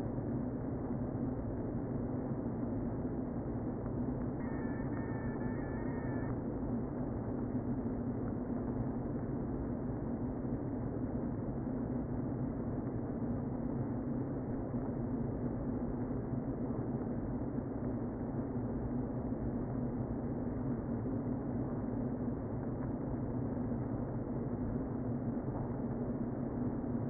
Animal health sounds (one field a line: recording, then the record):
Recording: honeybee colony, microphone inside the hive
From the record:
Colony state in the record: queen present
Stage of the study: before two queens were removed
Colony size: about 60,000 bees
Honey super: yes